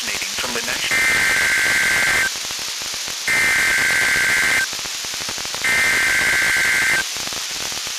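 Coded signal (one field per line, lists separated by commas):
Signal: Emergency Alert System (SAME) tones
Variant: header bursts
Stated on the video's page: Required weekly test SAME tones from broadcast radio, TV and NOAA Weather Radio.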